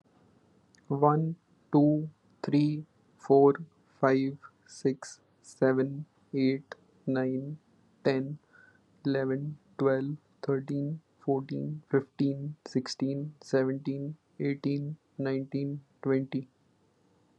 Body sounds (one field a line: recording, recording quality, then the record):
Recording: counting at a normal pace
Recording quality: excellent, no background noise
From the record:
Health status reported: recovered from COVID-19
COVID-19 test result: positive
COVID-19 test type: RT-PCR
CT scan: not taken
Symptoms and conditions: none ticked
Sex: male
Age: 29 years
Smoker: yes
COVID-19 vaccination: both doses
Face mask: not worn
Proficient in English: yes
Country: India